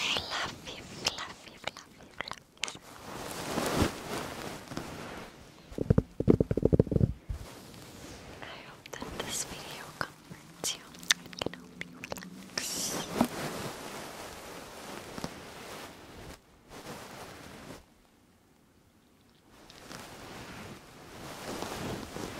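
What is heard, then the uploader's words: Soft rubbing and brushing against a fluffy microphone cover, with scratchy, muffled textures that swell and fade irregularly. Around six to seven seconds come a few sharper taps and thumps, and near eighteen to twenty seconds the sound drops almost to silence before the rubbing resumes. ASMR Fluffy Mic Ear Attention for your Naps Ear Massage Ear Muffs on 3dio Ear to Ear.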